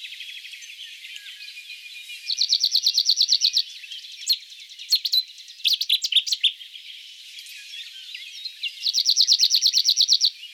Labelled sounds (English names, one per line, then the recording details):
Cirl Bunting song
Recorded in the wild
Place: St. Laurent des Arbres und Umgebung, FR
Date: 2010-05-24
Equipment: MiniDisc Sharp MT 20 H
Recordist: Schwarz, Dieter
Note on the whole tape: Song